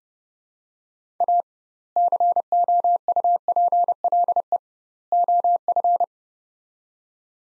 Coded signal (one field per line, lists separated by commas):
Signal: Morse code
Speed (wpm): 30 wpm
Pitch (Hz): 700 Hz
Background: none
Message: A COUPLE OF